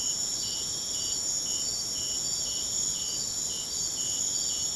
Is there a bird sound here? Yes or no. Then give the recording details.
no. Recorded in secondary vegetation near Puerto Asís, Putumayo, Colombia, on 30 June 2025 at 02:00. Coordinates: 0.500, -76.326. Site GP08